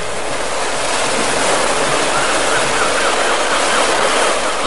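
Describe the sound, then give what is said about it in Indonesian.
A steady, dense rush of ocean water and surf around a small rowed sampan at sea, hissing continuously at an even loudness for several seconds, with no voices and no distinct oar strokes standing out. “Sebaiknya aku percepat gerak sampanku.”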